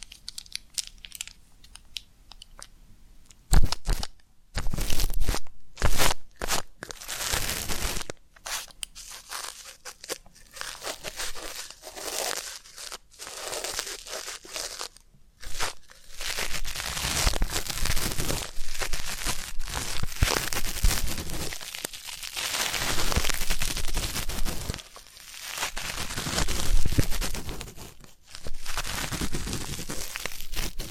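Deep ear canal and eardrum cleaning sounds: dry crunching, scraping and crinkling rubs that fill the range from low to bright. The first few seconds are quiet. Then short bursts come in quick succession, followed by longer stretches of continuous rustling, broken by brief pauses near 15, 25 and 28 seconds.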